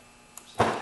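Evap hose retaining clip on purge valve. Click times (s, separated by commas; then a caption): 0.4 s, 0.6 s. On a 2006 Cadillac STS 3.6-liter being repaired for a P0496 code, an evap hose is slid onto the purge valve and its plastic retaining clip is pushed closed. A faint sharp click is heard at 0.4 s, followed by a louder, fuller click at 0.6 s. The clip locks in place and the hose is seated.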